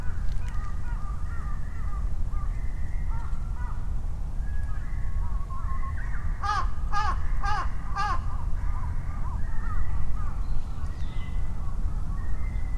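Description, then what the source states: Crows calling in runs of short caws, then several louder harsh caws in quick succession, with other crows answering over a low rumble of traffic. Crows calling and responding to each other at Sunday noon in Ichimiyake, Yasu City, Shiga Prefecture, Japan, over vehicle rumble; Sony PCM-M10, omnidirectional mics on bicycle handlebar bag.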